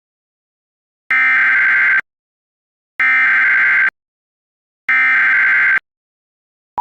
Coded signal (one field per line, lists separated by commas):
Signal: Emergency Alert System (SAME) tones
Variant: header bursts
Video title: EAS Scenario 13: Horror Mario's Rampage (15 Subscriber Special)